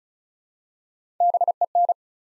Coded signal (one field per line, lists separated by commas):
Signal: Morse code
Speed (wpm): 36 wpm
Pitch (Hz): 700 Hz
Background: none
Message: BEN